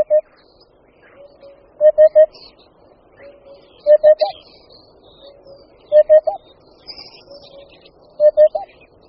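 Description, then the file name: Eurasian hoopoe calling, a soft hollow triple 'oop-oop-oop' repeated about every two seconds, with faint higher calls from other birds. "Dudek-chocholatý"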